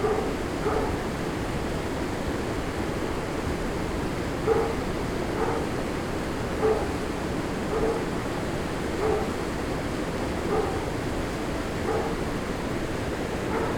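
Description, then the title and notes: Dog barks several times, single short barks spaced out, against a steady broad rushing sound. Dog barking as recordist walks toward the Moulin Banal mill, Rue des Comtes de Robiano 4, Braine-le-Château, Belgium; recorded with Lom mikroUsi microphones in AB position into a Sony PCM-M10. "Rue des Comtes de Robiano 4, 1440 Braine-le-Château, Belgique - Moulin Banal and dog. Walking to the mill, a dog barks. Marche vers le moulin banal, un chien aboie"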